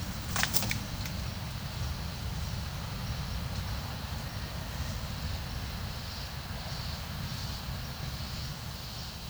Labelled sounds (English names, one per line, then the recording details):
none
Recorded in pastures near Puerto Asís, Putumayo, Colombia, on 4 March 2025 at 12:30
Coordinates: 0.497, -76.327
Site G072